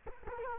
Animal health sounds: mosquito wingbeat signal from an infrared sensor; Culex quinquefasciatus

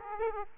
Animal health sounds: mosquito wingbeat signal from an infrared sensor; Aedes aegypti

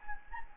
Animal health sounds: mosquito wingbeat signal from an infrared sensor; Anopheles gambiae

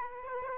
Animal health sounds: mosquito wingbeat signal from an infrared sensor; Aedes aegypti

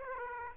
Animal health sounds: mosquito wingbeat signal from an infrared sensor; Aedes aegypti

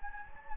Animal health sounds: mosquito wingbeat signal from an infrared sensor; Anopheles gambiae

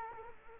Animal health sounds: mosquito wingbeat signal from an infrared sensor; Culex quinquefasciatus

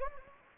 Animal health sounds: mosquito wingbeat signal from an infrared sensor; Anopheles gambiae

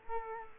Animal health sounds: mosquito wingbeat signal from an infrared sensor; Culex quinquefasciatus

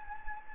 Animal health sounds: mosquito wingbeat signal from an infrared sensor; Anopheles gambiae

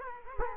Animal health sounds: mosquito wingbeat signal from an infrared sensor; Culex quinquefasciatus

